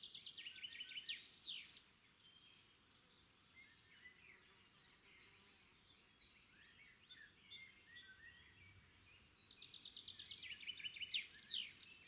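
Bird chorus of quick high chirps and short trills, busy at the start and end with quieter scattered notes between, over constant hiss.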